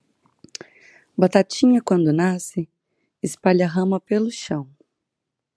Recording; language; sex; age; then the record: short text; Brazilian Portuguese; female; 30 to 39 years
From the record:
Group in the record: control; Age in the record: 34 years